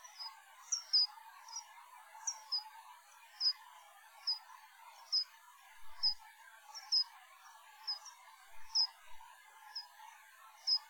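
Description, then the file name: Soprano pipistrelle calls: sharp, high, downward chirps repeated roughly every second against a steady hiss of background noise. "Ppyg"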